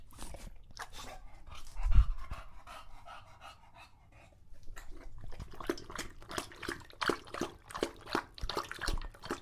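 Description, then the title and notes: English Bulldog lapping water, with a dull knock early on, a short lull, then rapid regular laps again. Male English Bulldog named Lucho drinking water from a bowl after a long walk, breathing heavily between drinks, out of breath from the walk and from drinking so long. "English Bulldog Drinks from Water Bowl - Weird Sounds. listen to Lucho the English Bulldog as he tries to drink water after a long walk. Don't let his heavy breathing fool you in between drinks, he's equally out of breath from the walk"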